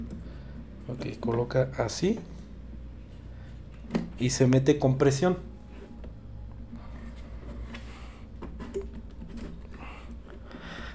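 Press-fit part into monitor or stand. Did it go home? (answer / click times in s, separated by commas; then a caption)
no / none. A part is pressed firmly into a Samsung 19-inch LED monitor (LS19A330NHLXZX) or its stand while it is unboxed alongside an HP 600 G2 Mini PC (Intel Core i5-6500T, 16 GB RAM, 256 GB SSD). Someone talks in two bursts, and a few faint knocks and handling noises follow. Nothing has seated or clicked yet, so the part is pulled out to try again.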